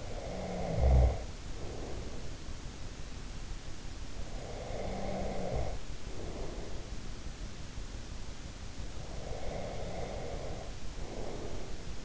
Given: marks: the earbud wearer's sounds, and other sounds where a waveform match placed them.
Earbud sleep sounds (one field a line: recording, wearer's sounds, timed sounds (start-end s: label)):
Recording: sounds in sleep by an in-ear microphone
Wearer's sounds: snoring breath, breath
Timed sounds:
0.00-2.89 s: snoring breath
4.09-6.89 s: breath
9.13-12.05 s: breath